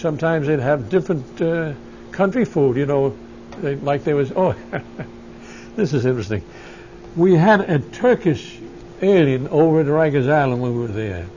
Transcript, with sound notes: Sometimes they'd have different country food, you know, like there was... ( he laughs ) This was interesting. We had a Turkish alien over at Riker's Island when we were there.